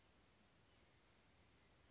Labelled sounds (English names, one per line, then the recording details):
Oak Titmouse
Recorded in Sonoma County, California